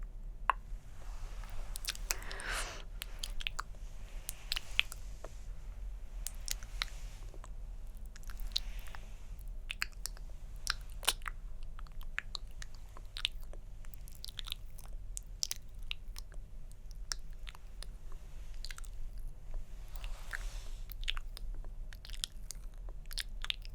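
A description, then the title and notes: Quiet mouth sounds and hand movements: rapid clicks, smacks and small crunching taps scattered densely across the whole stretch, with brief brushing swishes near the start and again around twenty seconds. A low steady hum sits underneath. ASMR Tingly Hand Movements & Mouth Sounds (Plucking, Pinching, Pulling).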